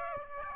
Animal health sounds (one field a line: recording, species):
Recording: mosquito wingbeat signal from an infrared sensor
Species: Aedes aegypti